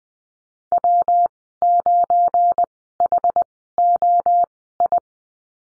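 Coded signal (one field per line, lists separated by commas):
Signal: Morse code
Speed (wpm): 20 wpm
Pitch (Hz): 700 Hz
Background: none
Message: W9HOI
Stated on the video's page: Morse course lesson on the slash in call signs, Farnsworth speed 20/10 wpm.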